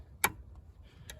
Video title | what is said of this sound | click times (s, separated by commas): DIY - 2014 Opel Corsa D 1.4: Diagnose and change the clutch master cylinder (left-hand drive) | bottom against the top until they click. | 0.2 s